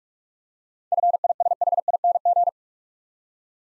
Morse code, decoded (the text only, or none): FISHING